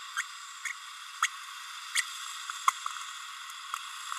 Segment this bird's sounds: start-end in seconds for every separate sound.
0.16-0.23, 1.21-1.27, 1.95-2.02, 2.67-2.71